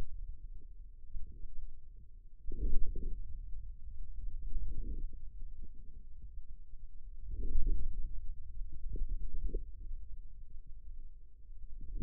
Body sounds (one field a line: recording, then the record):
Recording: forearm muscle sounds (acoustic myography)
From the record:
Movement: hand closing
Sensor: system 2, bracelet of six BSWA MPA416 microphones around the upper forearm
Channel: 2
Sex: male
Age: 22 years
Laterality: right